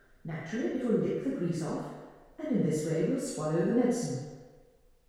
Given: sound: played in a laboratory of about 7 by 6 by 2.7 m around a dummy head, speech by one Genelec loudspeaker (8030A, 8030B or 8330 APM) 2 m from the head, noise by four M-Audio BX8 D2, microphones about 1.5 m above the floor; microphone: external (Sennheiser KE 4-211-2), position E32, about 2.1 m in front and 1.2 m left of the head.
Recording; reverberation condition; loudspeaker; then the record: female speech in English; high; 60 degrees to the left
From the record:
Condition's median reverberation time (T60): about 1300 ms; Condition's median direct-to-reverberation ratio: about -4.0 dB